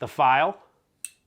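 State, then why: Seated. Someone talks briefly, then the file implement of a stainless steel ROCKTOL multitool (SK02/SK05) is swung open until it locks into the handle, giving a short, sharp click at 1.1 s. The file is seated with a good, solid click.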